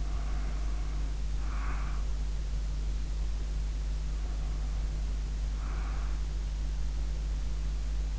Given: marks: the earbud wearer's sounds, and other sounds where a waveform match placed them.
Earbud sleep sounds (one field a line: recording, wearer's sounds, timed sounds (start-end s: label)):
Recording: sounds in sleep by an in-ear microphone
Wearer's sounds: breath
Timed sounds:
0.00-2.16 s: breath
4.20-6.36 s: breath